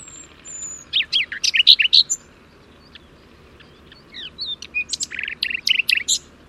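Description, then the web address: Bird song in two bursts of rapid, varied chirps and short whistled notes, high-pitched and jumbled, separated by a pause of about two seconds. "Deverinetal 2025 File origin Bird Only"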